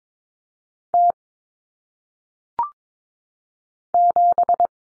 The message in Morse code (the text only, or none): T 7